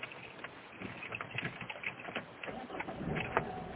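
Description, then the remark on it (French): Steady noise of the speaker's car as he drives it, a continuous low engine and road rumble with scattered faint ticks and rattles on top, fairly quiet throughout with no one talking. “Eh oui, petit bruit de voiture.”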